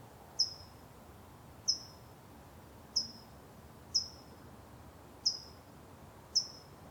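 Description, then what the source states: Bird calls: a thin, high note that falls sharply, repeated six times a little more than a second apart, over a soft steady outdoor hiss. Exterior ambience.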